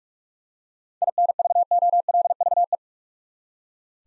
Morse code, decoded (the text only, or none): INVOLVE